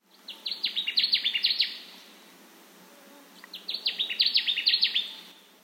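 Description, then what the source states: Connecticut warbler song, two loud bursts of rapid, repeated chirpy phrases, each lasting about one and a half seconds, separated by a short pause, with quiet background hiss. Loud song; heard singing far off from a road at a bog.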